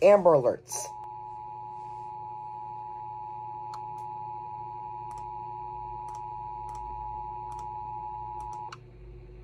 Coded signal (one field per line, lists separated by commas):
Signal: Emergency Alert System (SAME) tones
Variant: 853 and 960 Hz attention tone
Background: speech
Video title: EAS 1301: Georgia Amber Alert